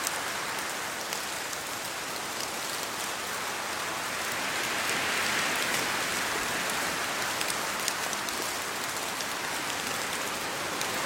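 Steady rain falls by a quiet lake, a dense, even hiss of drops with fine ticks of individual raindrops scattered throughout. Around the middle the patter swells slightly brighter before settling back. No other sounds break through the rain.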